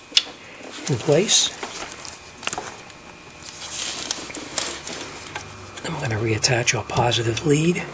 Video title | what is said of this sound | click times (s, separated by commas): How to replace the alternator on a Toyota 4 Runner 1996 -1999 | connector in the back until it snaps into place | 0.2 s